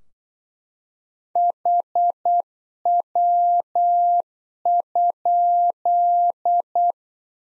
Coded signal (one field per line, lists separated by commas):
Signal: Morse code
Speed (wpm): 8 wpm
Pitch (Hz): 700 Hz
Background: none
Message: HW?